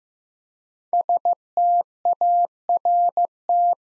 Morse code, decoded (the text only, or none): START